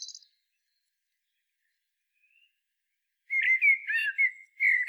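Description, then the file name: Common blackbird: a thin high squeak at the start, a long quiet stretch, then a rapid flowing burst of fluty warbled whistles. "Turdus merula"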